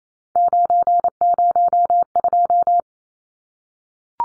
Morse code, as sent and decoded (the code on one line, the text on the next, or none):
----. ----- ..---
902